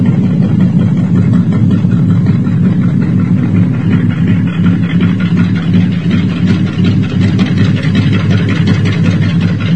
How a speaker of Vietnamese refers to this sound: Nhờ nước nổi nên Tư Cầu nghe rõ mồn một tiếng xình xịch đều đều, mỗi lúc mỗi to dần. Đúng là tiếng máy tàu, và đúng là tàu tuần của Tây.